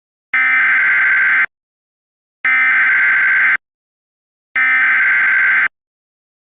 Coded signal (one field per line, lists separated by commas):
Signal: Emergency Alert System (SAME) tones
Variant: header bursts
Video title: An EAS Scenario - Arachnothuella